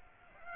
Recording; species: mosquito wingbeat signal from an infrared sensor; Aedes aegypti